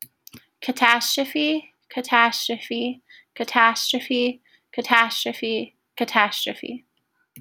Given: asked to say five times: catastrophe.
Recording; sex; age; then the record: repeated word; female; 20 to 29 years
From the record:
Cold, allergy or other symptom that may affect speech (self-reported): no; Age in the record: 28 years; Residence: West Virginia, United States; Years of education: 16